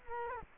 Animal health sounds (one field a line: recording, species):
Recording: mosquito wingbeat signal from an infrared sensor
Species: Culex quinquefasciatus